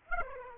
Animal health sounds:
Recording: mosquito wingbeat signal from an infrared sensor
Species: Aedes aegypti

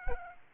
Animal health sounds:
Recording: mosquito wingbeat signal from an infrared sensor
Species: Aedes albopictus

